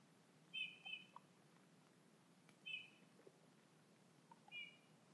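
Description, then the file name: Eurasian bullfinch calls: gentle piped whistles, three notes about two seconds apart, with faint soft chirps in between. "Pyrrhula pyrrhula"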